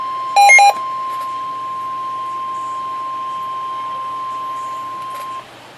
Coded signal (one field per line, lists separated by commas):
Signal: Emergency Alert System (SAME) tones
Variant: 1050 Hz attention tone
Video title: EAS #7 - Severe Thunderstorm Warning